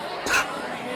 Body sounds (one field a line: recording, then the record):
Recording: coughing mixed with background sound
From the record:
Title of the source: 64 coughing, allergies, singing lungs